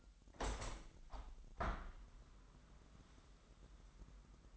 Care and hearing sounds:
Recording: daily activity, microphone in the room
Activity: open window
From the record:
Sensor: 3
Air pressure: 998.5 hPa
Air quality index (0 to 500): 140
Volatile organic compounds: 4 ppm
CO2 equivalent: 1688 ppm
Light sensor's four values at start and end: 8/21/8/9 and 9/21/9/9

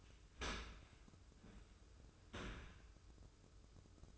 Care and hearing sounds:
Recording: daily activity, microphone in the room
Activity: open dishwasher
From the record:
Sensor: 2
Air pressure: 995.7 hPa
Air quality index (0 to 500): 96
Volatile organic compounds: 5 ppm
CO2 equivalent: 1784 ppm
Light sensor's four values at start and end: 25/81/32/31 and 25/81/32/31

